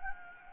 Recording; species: mosquito wingbeat signal from an infrared sensor; Anopheles gambiae